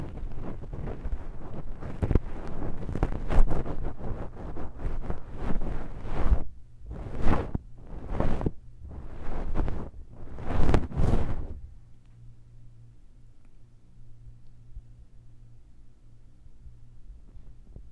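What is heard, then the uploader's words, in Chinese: Ear cleaning, with dense, rough scratching and rubbing for the first six seconds. Then come five slower whooshing strokes, about one per second, before the sound stops near 11.5 seconds, leaving only a faint low hum. 掏耳 ASMR。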